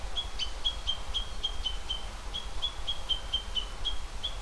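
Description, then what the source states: Japanese bush warbler giving clipped, high chacking notes in a rapid, even series, against steady low background noise. Alarm call.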